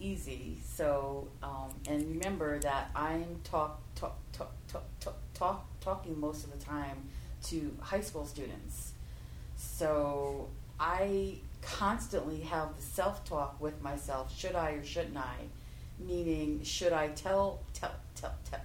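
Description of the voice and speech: Adult woman's speech with repeated initial sounds, stretched sounds and word repetitions, typical of stuttering. She is an educator who does a lot of public speaking and stutters openly.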